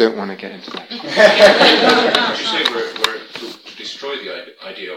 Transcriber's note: laughter